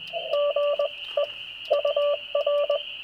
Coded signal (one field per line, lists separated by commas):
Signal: Morse code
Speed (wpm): 20 wpm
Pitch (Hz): 580 Hz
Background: radio noise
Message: GE UR